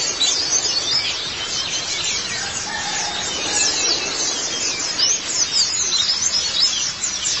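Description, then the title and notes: White-eye song, continuous high, sibilant twittering with overlapping quick chirps and thin trills throughout. "Kicauan Burung Pleci Durasi Panjang. Suara kicauan burung pleci"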